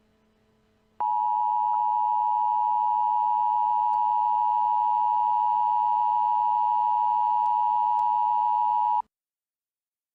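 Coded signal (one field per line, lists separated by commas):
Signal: Emergency Alert System (SAME) tones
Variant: 853 and 960 Hz attention tone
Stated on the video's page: Fictional EAS scenario.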